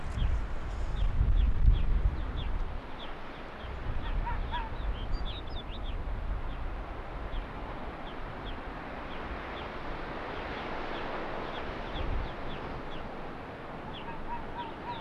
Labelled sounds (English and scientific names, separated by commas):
Arctic Fox (Vulpes lagopus)